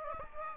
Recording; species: mosquito wingbeat signal from an infrared sensor; Aedes aegypti